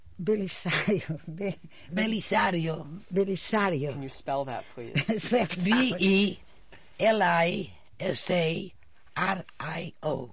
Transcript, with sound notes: Belisario.
Belisario.
Can you spell that, please? ( they laugh )
B-E-L-I-S-A-R-I-O.